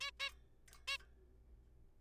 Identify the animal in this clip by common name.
Zebra Finch